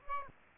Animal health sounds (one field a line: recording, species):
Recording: mosquito wingbeat signal from an infrared sensor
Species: Aedes aegypti